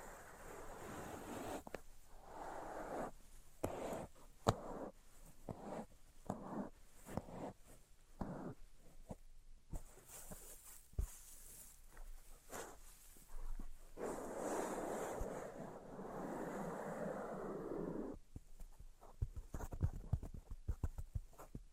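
Scratching and tracing sounds come in short rough strokes, each lasting about half a second to a second, with quick taps between them. Around fifteen to eighteen seconds a longer, continuous rasping stroke runs, then sharp clicks and taps cluster near the end.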